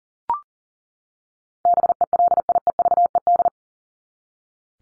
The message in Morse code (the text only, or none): BELIEVED